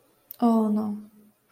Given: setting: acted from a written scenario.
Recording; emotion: vocal sound without words; shame